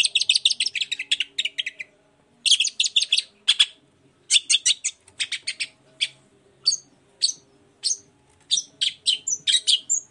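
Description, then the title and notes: Long-tailed shrike song: bursts of harsh, buzzy high notes in rapid series, broken by short pauses, with a few clear whistled 'toet' notes later on. Cendet singing in the morning with varied 'toet toet' notes; used as a lure to provoke other shrikes into answering. "Cendet Gacor Dor Di Kala Pagi Toet Toet Variasi Suara. Pancingan Emosi Cendet Gacor Full Variasi Toet Toet Bikin Nyaut Cendet Lain Langsung Ikutan Bunyi. Burung cendet"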